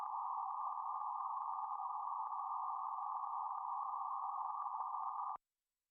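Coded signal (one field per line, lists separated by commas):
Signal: PSK31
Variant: BPSK31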